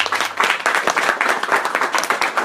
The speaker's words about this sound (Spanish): Muchas gracias a todos por venir. Ahora me toca a mí dar un fuerte aplauso por gracias a todos ustedes por acompañarme y aguantar 145 imágenes. ¡Gracias!